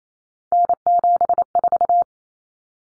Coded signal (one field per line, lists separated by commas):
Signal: Morse code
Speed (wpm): 28 wpm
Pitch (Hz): 700 Hz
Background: none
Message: N74